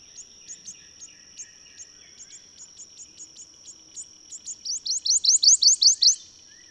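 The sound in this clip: Bird song: a series of faint high ticks over a steady high whine, then a loud run of about eight rising, upslurred notes in quick succession.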